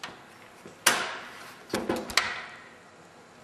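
A plastic piece of a desktop computer case is lined up and pressed into the chassis until it snaps into place. It gives a sharp click at 0.9 s and a second click at 2.2 s, with smaller taps and rattles around them. The plastic pieces are all seated.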